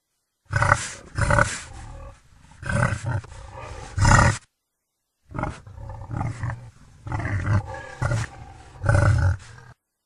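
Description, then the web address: Wild boar giving harsh, throaty grunts and growls in irregular bursts, a brief silence midway, then more rasping grunts. "Dzik"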